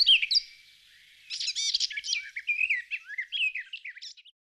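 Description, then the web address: Bird giving a fast, varied twitter of high chirps and trills that slurs up and down. "Звуки Птицы"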